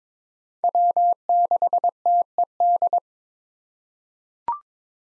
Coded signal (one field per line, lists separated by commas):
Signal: Morse code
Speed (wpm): 22 wpm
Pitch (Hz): 700 Hz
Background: none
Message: W6TED